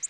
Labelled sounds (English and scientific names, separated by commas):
Orange-crowned Warbler (Leiothlypis celata) flight call